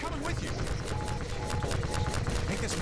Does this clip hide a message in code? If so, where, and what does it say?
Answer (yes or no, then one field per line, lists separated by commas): no